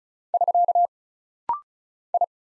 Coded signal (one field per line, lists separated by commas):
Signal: Morse code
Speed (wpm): 36 wpm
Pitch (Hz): 700 Hz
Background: none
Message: <SK> I